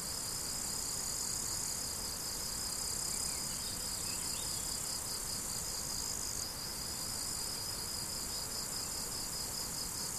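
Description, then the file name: Cricket chirps repeat evenly throughout, a rapid pulsed train layered over a constant high-pitched insect drone and soft low noise. Crickets, recorded 17 July 2012 on an MZ-N710 recorder. "grillons 17 07 2012"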